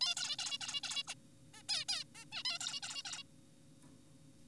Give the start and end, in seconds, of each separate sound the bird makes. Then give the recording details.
0.01-0.15, 0.17-0.37, 0.39-0.58, 0.61-0.81, 0.84-1.03, 1.08-1.15, 1.54-1.63, 1.69-1.85, 1.89-2.04, 2.15-2.25, 2.33-2.43, 2.45-2.59, 2.61-2.81, 2.83-3.03, 3.05-3.23. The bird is an adult. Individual g4p5U